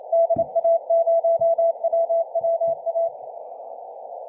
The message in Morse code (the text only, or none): DA0WWA